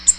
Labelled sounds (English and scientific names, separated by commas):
Nashville Warbler (Leiothlypis ruficapilla) flight call